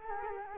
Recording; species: mosquito wingbeat signal from an infrared sensor; Culex quinquefasciatus